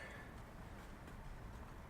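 A cell control module plug is handled and lined up with the socket on a Jeep's DroneMobile vehicle alarm main unit, ready to be pushed home. Only a steady, low rumbling background noise is heard, with no sharp sounds. The plug has not seated or clicked yet.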